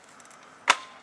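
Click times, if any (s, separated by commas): 0.7 s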